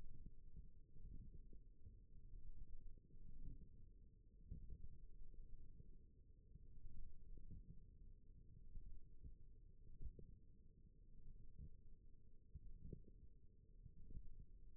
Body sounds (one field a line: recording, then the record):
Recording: forearm muscle sounds (acoustic myography)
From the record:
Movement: wrist flexion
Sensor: system 1, eight BSWA MPA416 microphones around the upper forearm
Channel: 4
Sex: female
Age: 21 years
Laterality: right